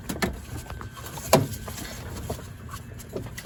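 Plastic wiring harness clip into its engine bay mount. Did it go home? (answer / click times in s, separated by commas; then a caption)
no / none. While reassembling the intake during an intake manifold gasket replacement on a 2008 Toyota Tacoma, a plastic wiring-harness support clip is handled and pushed toward its engine bay mount. Faint handling noises include one brief sharp knock at about 1.3 seconds. The clip has not yet seated or snapped in by the end.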